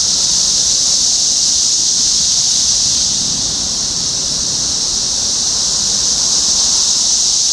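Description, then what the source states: Cicadas in chorus, a steady, dense high-pitched hiss holding unbroken and even through the whole stretch. Recorded in Topeka, Kansas, on 14 June 2015.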